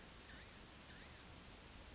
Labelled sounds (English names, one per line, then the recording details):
Blue-gray Gnatcatcher
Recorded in Sonoma County, California